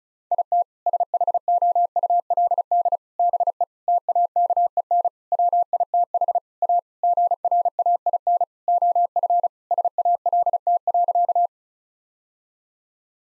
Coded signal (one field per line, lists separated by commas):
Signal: Morse code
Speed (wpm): 36 wpm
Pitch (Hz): 700 Hz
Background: none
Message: IT SHOULD BE TAKEN WITH A GRAIN OF SALT.